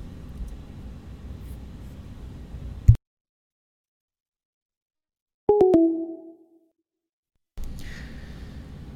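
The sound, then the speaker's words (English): A prank phone call to an attorney's number seen on a commercial is being dialed: after a hush, a few sharp clicks and a single short, mid-pitched electronic tone sound alone, then fade quickly back into silence. “Let's make a prank phone call.”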